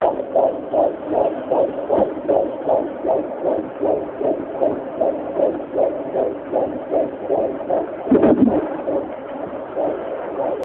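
Rapid, steady whooshing pulses at about 154 a minute, with the muffled, galloping character of a Doppler and a faint hum underneath. A fetal heartbeat, at a rate within the usual fetal range.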